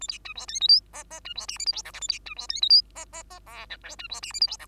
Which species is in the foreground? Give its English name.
Bengalese Finch